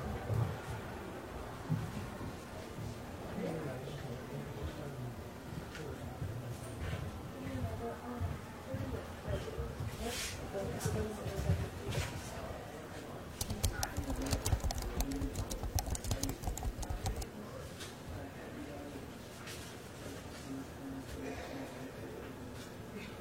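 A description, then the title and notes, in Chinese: Library ambience with a steady low murmur of voices throughout and a soft rumble beneath. Bursts of quick keyboard typing click in around the middle, thickest between about 13 and 17 seconds, with scattered lighter taps and rustles before and after. 公共图书馆沉浸式学习 图书馆环境音 打字声 写字翻书。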